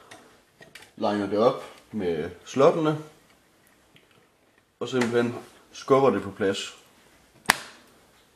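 A graphics card is lined up with the motherboard PCIe slot and pushed down while someone talks. At 7.5 s the slot's retention latch gives one sharp, loud click, and the card is seated.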